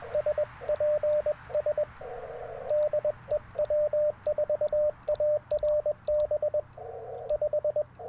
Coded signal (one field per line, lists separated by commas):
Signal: Morse code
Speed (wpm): 20 wpm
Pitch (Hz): 600 Hz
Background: radio noise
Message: SPS DE W4ARB 5